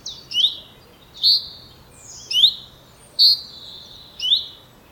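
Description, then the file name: Common chaffinch calls: a series of short high notes, alternating a quick rising chirp with a slightly longer, steadier note, over a faint background hum. "Fringilla coelebs"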